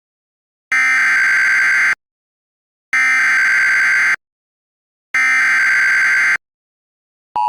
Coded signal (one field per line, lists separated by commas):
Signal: Emergency Alert System (SAME) tones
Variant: header bursts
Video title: EAS MOCK | York Tornado Troubles